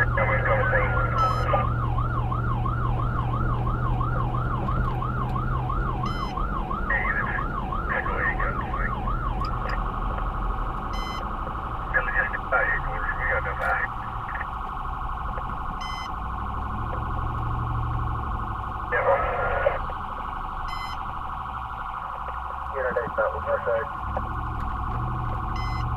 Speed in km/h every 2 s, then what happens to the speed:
89, 90, 93, 95, 92, 79, 61, 45, 45, 50, 37, 16, 23.
0-7 speeds up to 95. 7-14 brakes to 45. 14-19 steady at about 45. 19-22 brakes to 16. 22-26 speeds up to 23.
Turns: none.